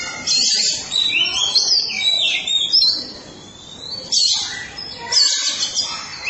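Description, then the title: Oriental magpie-robin singing a busy, high-pitched stream of scratchy chatter and trills, in loud bursts separated by quieter pauses. Chirping song (kicauan) of the bird. "Suara Kicauan Burung Kacer Durasi Panjang"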